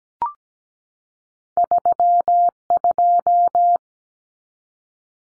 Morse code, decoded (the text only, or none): 32